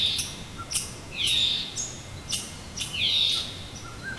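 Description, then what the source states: Bird calls: a few harsh, rasping high notes in short bursts, with faint sharp clicks between them. Recorded by a lake near Pine Lake, Wood Buffalo National Park, Alberta, Canada.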